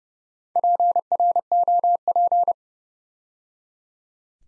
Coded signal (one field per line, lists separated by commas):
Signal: Morse code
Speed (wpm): 30 wpm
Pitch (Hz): 700 Hz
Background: none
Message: PROP